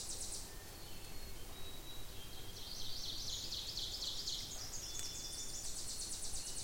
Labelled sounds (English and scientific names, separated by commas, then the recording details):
Ovenbird (Seiurus aurocapilla) song
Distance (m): 65 m
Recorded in boreal forest in Alberta, Canada, on 26 May 2016 at 08:54
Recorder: SongMeter 3, array SBT-3-15
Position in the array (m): 56 m, 211 m
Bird 20